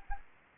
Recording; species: mosquito wingbeat signal from an infrared sensor; Anopheles gambiae